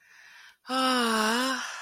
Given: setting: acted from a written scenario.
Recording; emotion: vocal sound without words; ecstasy